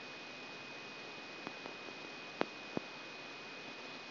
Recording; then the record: brain microelectrode recording played as sound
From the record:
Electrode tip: outside the subthalamic nucleus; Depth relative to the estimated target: -6 mm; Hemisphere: left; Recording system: AlphaMap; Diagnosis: Parkinson's disease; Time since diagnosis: 16 years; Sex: male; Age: 60 years